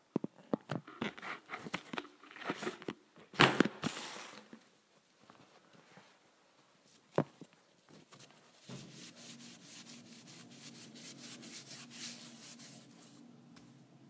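A wipe scrubs across a counter in quick, uneven strokes for the first four seconds, with a loud swipe near three and a half seconds. Quiet follows, broken by one sharp rub near seven seconds. From about nine seconds a steady low hum joins a dense, lighter scratching.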